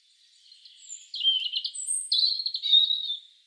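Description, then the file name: European robin song of drawn-out, thin, wavering high notes in two sustained phrases, with brief very high squeaks above. "Erithacus rubecula"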